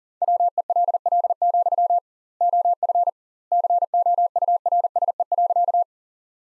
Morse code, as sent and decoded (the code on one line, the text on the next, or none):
.-- . .-.. .-.. --..-- / --- ..-. / -.-. --- ..- .-. ... . .-.-.-
WELL, OF COURSE.